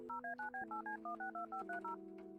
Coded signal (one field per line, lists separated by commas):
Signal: DTMF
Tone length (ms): 120 ms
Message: 0A9B8C162530